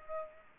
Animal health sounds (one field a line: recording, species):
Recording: mosquito wingbeat signal from an infrared sensor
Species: Aedes aegypti